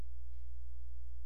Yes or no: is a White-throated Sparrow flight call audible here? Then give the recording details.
no. No flight call is heard. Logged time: 00:03 on 16 September 2014